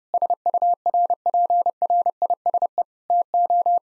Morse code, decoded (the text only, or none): SURPRISE TO